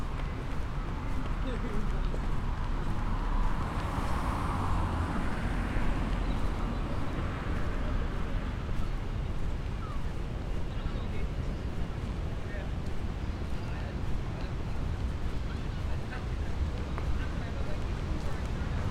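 Crowd chatter murmurs steadily throughout, a dense blur of voices with faint scattered clicks that may be footsteps, and no pauses.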